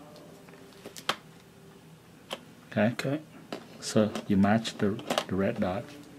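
An interchangeable lens is handled against a camera body's bayonet mount while being matched to the red dot, with a few faint handling ticks around 0.5, 1.0, 1.1 and 2.3 seconds as someone talks. Nothing has seated or clicked yet; the lens is not yet locked into the mount.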